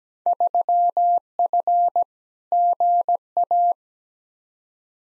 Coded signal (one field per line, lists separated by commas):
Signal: Morse code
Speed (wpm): 17 wpm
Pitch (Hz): 700 Hz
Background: none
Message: 3F GA